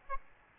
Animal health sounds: mosquito wingbeat signal from an infrared sensor; Aedes albopictus

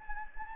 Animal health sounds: mosquito wingbeat signal from an infrared sensor; Anopheles gambiae

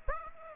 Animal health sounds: mosquito wingbeat signal from an infrared sensor; Aedes aegypti

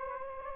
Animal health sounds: mosquito wingbeat signal from an infrared sensor; Anopheles gambiae

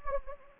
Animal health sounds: mosquito wingbeat signal from an infrared sensor; Anopheles gambiae

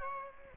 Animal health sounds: mosquito wingbeat signal from an infrared sensor; Aedes aegypti

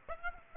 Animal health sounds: mosquito wingbeat signal from an infrared sensor; Aedes aegypti

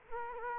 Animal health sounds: mosquito wingbeat signal from an infrared sensor; Culex quinquefasciatus

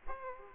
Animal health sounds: mosquito wingbeat signal from an infrared sensor; Aedes aegypti

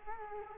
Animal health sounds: mosquito wingbeat signal from an infrared sensor; Culex quinquefasciatus

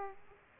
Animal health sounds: mosquito wingbeat signal from an infrared sensor; Aedes aegypti

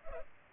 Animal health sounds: mosquito wingbeat signal from an infrared sensor; Culex pipiens

